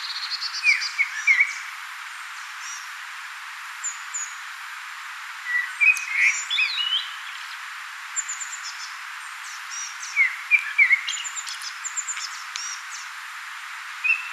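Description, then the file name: Common blackbird song: several short runs of soft whistles and high scratchy twitters spread throughout over a steady hiss. "Turdus merula"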